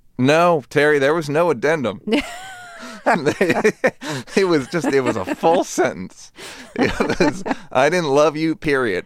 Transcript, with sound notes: No, Terry, there was no addendum. (LAUGHTER) It was just - it was a full sentence. (Laughter) It was, I didn't love you, period.